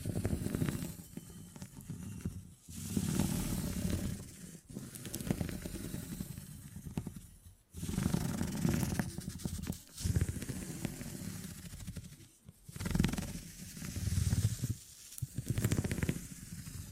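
Beeswax being handled in a dense, crackly stream of sticky squishing and soft rubbing, with a low rumbling body under fine crinkles. The sound swells and falls in bursts, broken by brief near-silent gaps around 2.5, 4.5, 7.5 and 12.5 seconds.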